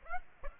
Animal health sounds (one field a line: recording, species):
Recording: mosquito wingbeat signal from an infrared sensor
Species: Aedes aegypti